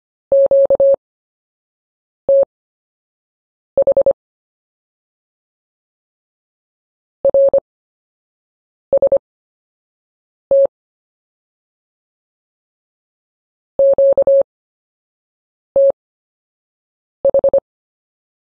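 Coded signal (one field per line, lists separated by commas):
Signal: Morse code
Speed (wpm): 25 wpm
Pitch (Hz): 550 Hz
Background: none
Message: QTH RST QTH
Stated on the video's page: Slow-speed Morse drill of common CW anchor words for recovering in a QSO.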